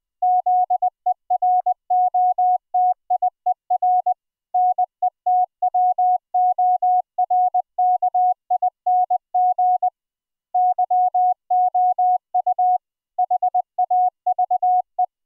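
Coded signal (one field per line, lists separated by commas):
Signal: Morse code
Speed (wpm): 20 wpm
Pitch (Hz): 730 Hz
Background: none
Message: ZEROTIER NETWORKING YOU HAVE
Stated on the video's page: Morse sent as MIDI over IP between laptop and Raspberry Pi, rendered as audio by a GStreamer FluidSynth decoder using a custom CW soundfont.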